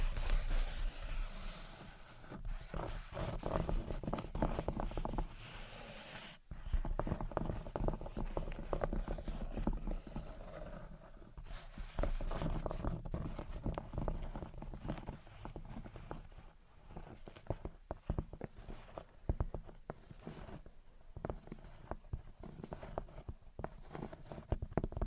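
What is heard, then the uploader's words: Gentle tapping and scratching runs throughout, dense early and breaking into quicker separate taps later, with a brief pause near six seconds. Gentle Tapping and Scratching. (No Talking).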